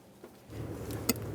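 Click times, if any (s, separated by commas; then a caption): 1.1 s. A spark plug wire boot is pushed onto its spark plug on a 1999-2006 Chevrolet Silverado 1500 with the 4.3L V6, while the wires are reconnected after an exhaust manifold replacement. Low handling noise builds from about 0.5 s, then one sharp click sounds at 1.1 s, followed by a faint tick. The boot is seated on the plug.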